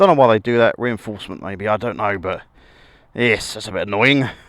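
A rider handles the hinged metal fuel filler cap on a CF Moto 800 MT motorcycle's fuel tank, and only someone talking is heard. The clip ends before the cap is pushed shut and latched. Nothing has seated or clicked yet.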